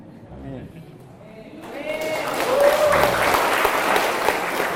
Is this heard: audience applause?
yes